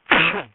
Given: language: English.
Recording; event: throat vibration sensor signal played as sound; cough